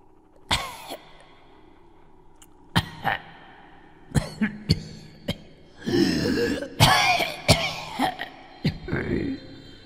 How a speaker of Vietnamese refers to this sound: Bóng người trắng bệch dưới ánh trăng bàng bạc quỷ mị tiếp tục cúi gập người, phát ra từng tràng ho đến thống khổ đáng sợ. Tiếng ho khan trong đêm tịch mịch càng làm cho người ta nghe thấy mà tâm thần run rẩy.